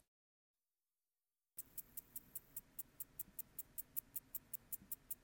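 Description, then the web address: Slender meadow katydid song: after a silent start, a steady series of rapid, high, dry ticks. "Crickets and Katydids. Slender Meadow Katydid, Conocephalus fasciatus"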